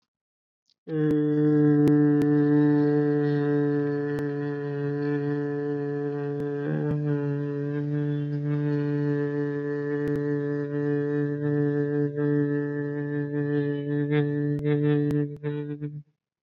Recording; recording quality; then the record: sustained vowel as in made; excellent, no background noise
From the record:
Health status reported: exposed to COVID-19, no respiratory illness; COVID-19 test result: negative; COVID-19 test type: RT-PCR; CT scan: not taken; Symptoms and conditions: none ticked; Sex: male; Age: 22 years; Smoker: no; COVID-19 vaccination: both doses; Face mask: not worn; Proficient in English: yes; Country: India